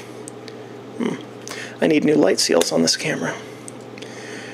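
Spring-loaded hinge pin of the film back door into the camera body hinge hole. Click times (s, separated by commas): 0.3 s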